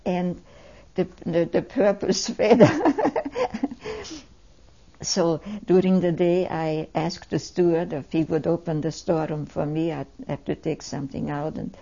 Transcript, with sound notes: and the purple sweater. (she laughs) So during the day I asked the steward if he would open the storeroom for me, I had to take something out,